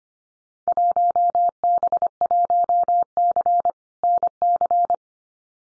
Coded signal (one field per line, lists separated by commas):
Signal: Morse code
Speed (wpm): 25 wpm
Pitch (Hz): 700 Hz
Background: none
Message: 1B1C NC